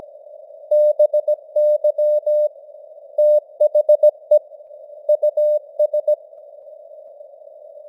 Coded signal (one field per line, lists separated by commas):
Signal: Morse code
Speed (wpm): 17 wpm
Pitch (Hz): 600 Hz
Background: none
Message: BY THE US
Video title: Morse Code News | 2025-11-23 | 17wpm